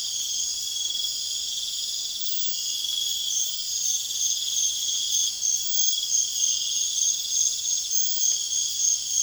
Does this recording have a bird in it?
no